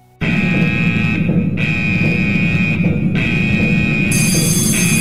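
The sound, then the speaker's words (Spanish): A loud, shrill electronic alarm blares continuously with a steady high tone, briefly cutting out twice before resuming, with an extra piercing high layer joining near the end. “Es que a lo mejor nuestra alarma no es lo suficientemente ruidosa, estridente y atronadora.”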